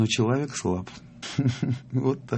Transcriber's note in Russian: смеется